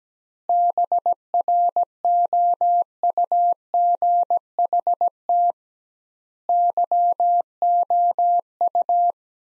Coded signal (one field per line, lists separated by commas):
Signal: Morse code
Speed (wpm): 17 wpm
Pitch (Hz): 700 Hz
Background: none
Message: BROUGHT YOU